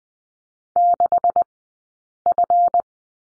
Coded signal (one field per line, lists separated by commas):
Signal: Morse code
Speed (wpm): 20 wpm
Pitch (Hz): 700 Hz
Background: none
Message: 6F